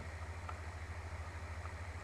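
The slide of a Smith & Wesson SW9VE Sigma 9mm pistol is lined up with the guide rails on its polymer frame before being slid on. A steady low hum runs throughout, with two faint, brief ticks at about 0.5 s and 1.7 s. Nothing has seated or clicked yet.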